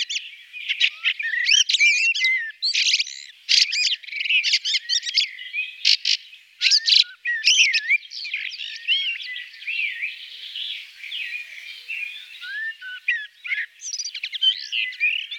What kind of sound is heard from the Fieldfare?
song